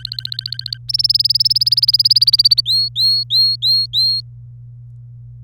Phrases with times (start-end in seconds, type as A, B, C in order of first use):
0.00-0.78 A, 0.89-2.60 B, 2.66-4.20 C